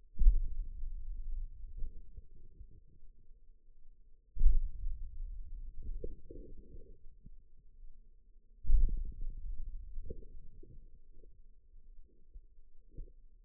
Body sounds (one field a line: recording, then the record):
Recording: forearm muscle sounds (acoustic myography)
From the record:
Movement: hand opening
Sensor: system 2, bracelet of six BSWA MPA416 microphones around the upper forearm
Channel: 4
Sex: male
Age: 22 years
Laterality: right